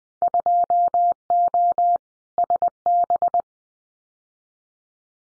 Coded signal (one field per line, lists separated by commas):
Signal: Morse code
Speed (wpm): 20 wpm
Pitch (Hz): 700 Hz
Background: none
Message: 2O SB